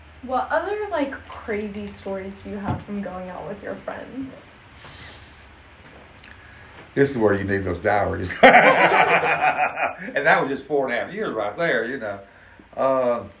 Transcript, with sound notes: What other like crazy stories do you have from going out with your friends?
This is where you need those diaries [laughs] and that was just four and a half years there you know. Uh…